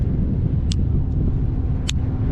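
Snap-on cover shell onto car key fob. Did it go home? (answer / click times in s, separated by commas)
yes / 0.7 s, 1.9 s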